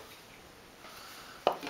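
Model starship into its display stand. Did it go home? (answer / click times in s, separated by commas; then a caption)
yes / 1.5 s. A die-cast Star Trek model starship is pressed onto the clip of its plastic display stand. After a low, quiet rustle, a sharp click at 1.5 s shows it has snapped into place, followed by a softer tap at 1.7 s.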